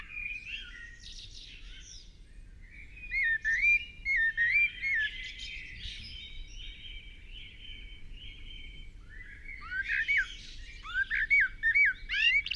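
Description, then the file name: Common blackbird singing whistled phrases with squeaky twitters, pausing between bursts, with other birds faintly behind. "Turdus merula"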